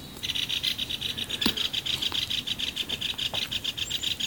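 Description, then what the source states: Great Spotted Woodpecker calls, a fast chattering run of high harsh notes, steady throughout, with a few faint clicks. Two individuals visiting a fat feeder and competing on a dead tree in the yard, quarrelling; nearly -30 degrees frost, on a holiday; recorded by Merja Saukko from Riipi.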